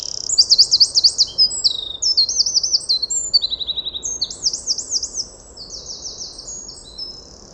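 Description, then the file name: Eurasian wren song, a rapid torrent of very high, tinkling trills and twittering notes lasting about five seconds, then fainter similar trilling continuing behind a soft background hiss. "Troglodytes troglodytes"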